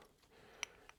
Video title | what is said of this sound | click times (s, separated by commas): R7 Turbo engine build | just to pop it up into the right position you heard a click | 0.6 s